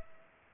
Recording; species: mosquito wingbeat signal from an infrared sensor; Culex pipiens